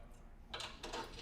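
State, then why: Seated. A second frame section on a quilting frame is unlocked and slid up until it latches, locking in place. Two sharp clicks are heard, at 0.5 s and 0.8 s, over a low background hum. No one talks in this short stretch.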